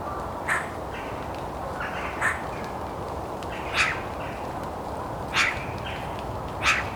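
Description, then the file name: Eurasian magpie calls: five short scratchy notes at irregular intervals, with a constant low hiss and rumble behind. "Pica pica"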